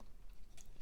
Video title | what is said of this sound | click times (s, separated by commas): Shelfwarmers: Deluxe Class Protectobots Emergency Response First Aid | you're going to take this backpack here, and you are just going to bring it down, and you heard that click. | 0.6 s